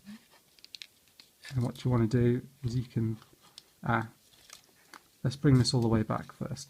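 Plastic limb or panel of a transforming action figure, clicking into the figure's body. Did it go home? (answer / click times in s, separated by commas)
yes / 0.8 s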